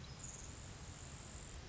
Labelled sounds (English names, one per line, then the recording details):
Grasshopper Sparrow
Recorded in Sonoma County, California